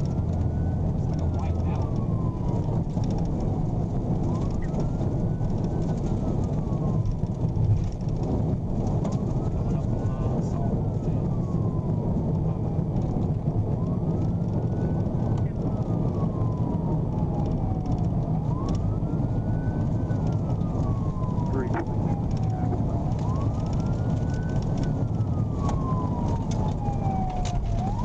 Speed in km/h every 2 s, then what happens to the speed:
159, 161, 163, 167, 172, 169, 156, 147, 134, 137, 126, 122, 106, 61.
0-11 speeds up to 169. 11-28 brakes to 61.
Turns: none.